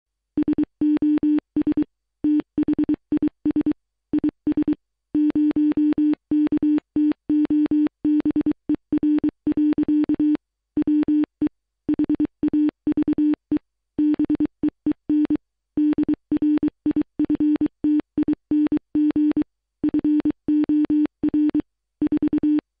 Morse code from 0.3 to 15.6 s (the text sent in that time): SOS THIS IS 0KTOBER. WE HAVE BEEN